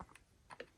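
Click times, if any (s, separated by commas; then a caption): none. A keyed plastic connector on an RCA cable, which fits only one way, is lined up and pushed into the back of a new CarPlay head unit in a Toyota Tundra. Small plastic handling clicks and taps are heard, with sharper ticks near the start, at about 0.6 s, and at the very end. The clip ends before the connector is home, so nothing has seated or clicked yet.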